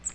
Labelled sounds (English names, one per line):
Cape May Warbler flight call